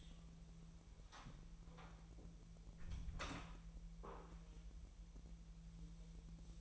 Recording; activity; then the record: daily activity, microphone in the room; close door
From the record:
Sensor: 1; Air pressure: 1001.3 hPa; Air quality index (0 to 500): 250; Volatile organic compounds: 137 ppm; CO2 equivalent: 3962 ppm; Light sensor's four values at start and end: 12/29/12/13 and 12/28/12/13